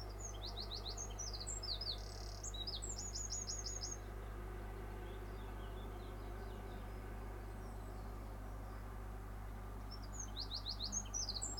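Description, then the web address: Bird song: a phrase of sharp high chirps and a quick trill at the start, silence, then another chirpy phrase at the end, over a low drone. Singing in the morning with cars in the background. "pdsounds sounds bird sings in the morning with cars in the background"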